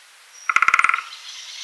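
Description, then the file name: Great spotted woodpecker drumming, one short rapid burst of about eight even knocks lasting under half a second, with faint high bird notes behind. "buntspecht"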